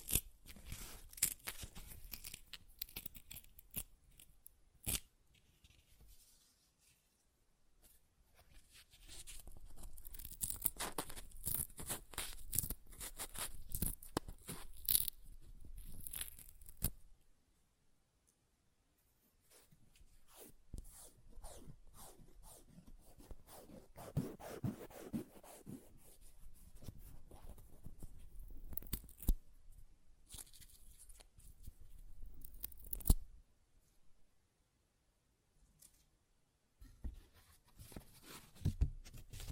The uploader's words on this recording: ASMR Paper Ripping Tearing Sounds (No Talking).